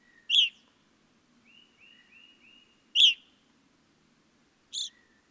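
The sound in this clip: Evening grosbeak calls: three loud, sharp, burry chirps, with quiet soft whistled notes between the first two, over a faint low hum.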